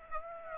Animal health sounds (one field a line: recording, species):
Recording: mosquito wingbeat signal from an infrared sensor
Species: Aedes aegypti